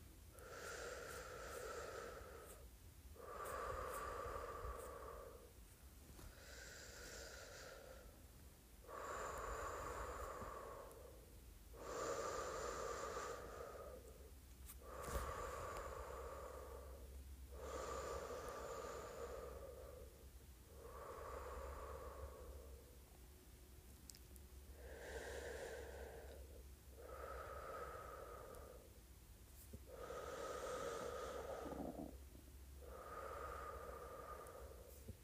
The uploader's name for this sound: Blowing Air Out and Sucking it In